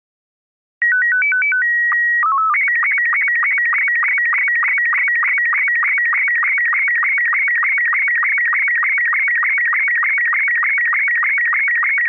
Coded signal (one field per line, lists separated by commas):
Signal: SSTV (slow-scan television)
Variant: Robot 72